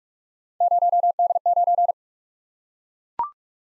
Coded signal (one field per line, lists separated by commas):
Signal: Morse code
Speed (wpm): 44 wpm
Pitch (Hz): 700 Hz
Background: none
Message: 0D9